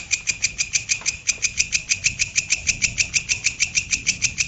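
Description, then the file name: Grasshopper stridulating: crisp, scratchy high-pitched pulses in a steady, even rhythm of roughly three per second over faint low rumble. "belalang kerek"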